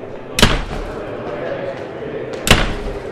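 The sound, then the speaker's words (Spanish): Two loud, sharp dormitory door slams, about two seconds apart, as a crowd hurries inside, each a heavy wooden bang that cuts through a steady low murmur of voices and movement. “La aglomeración entra presuroso, cerrando las puertas de los dormitorios con un fuerte portazo.”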